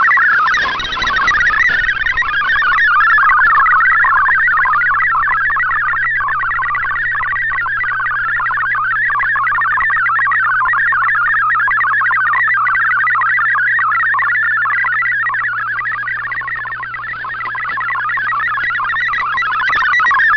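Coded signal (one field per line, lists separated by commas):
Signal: multi-tone FSK (Olivia or MFSK type)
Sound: rapid warbling melody of single tones jumping quickly between pitches, continuous for twenty seconds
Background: radio static, low hum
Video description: Here is my decode of the Shortwave Radiogram broadcast today on 7780Khz shortwave radio at 2330UTC in MFSK32, 64 and 8PSK-125F ,250F with 7 SSTV images.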